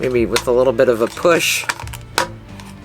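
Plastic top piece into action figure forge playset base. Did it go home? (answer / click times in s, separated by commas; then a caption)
yes / 2.2 s. Someone talks while the top plastic piece of a Star Wars The Vintage Collection Armorer's Forge action figure playset is slid up into its socket in the forge base and pushed. After some faint handling noises, a sharp click at 2.2 s marks the piece seating into place.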